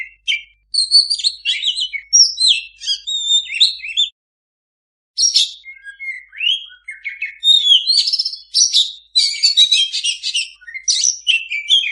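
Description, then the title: Oriental magpie-robin singing a rich, fast medley of whistles, trills and harsh chattering notes, broken by one brief pause midway. Energetically singing (gacor) kacer used as a master recording to train kacer that do not sing (bisu). "mster Mnuk. Suara Masteran Kacer Gacor. Kacer Bisu"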